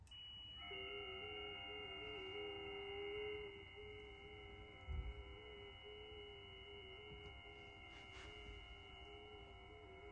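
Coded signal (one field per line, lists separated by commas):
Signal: FT8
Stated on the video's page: FT8 transmission used as a tuning test of a weatherproof magnetic loop antenna after four weeks outdoors.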